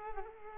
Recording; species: mosquito wingbeat signal from an infrared sensor; Culex quinquefasciatus